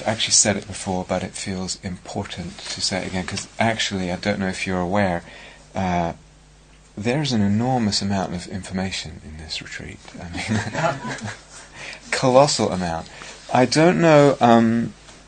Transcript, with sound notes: I've actually said it before, but it feels important to say it again, because actually, I don't know if you're aware, there's an enormous amount of information in this retreat. [laughter] Colossal amount. I don't know